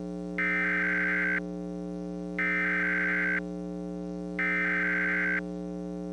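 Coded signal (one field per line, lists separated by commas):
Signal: Emergency Alert System (SAME) tones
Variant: header bursts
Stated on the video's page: Simulated EAS scenario for a thunderstorm, with a siren pack.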